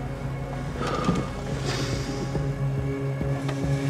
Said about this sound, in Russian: Испуганный Мак, тяжело дыша, провожает взглядом уезжающий грузовик.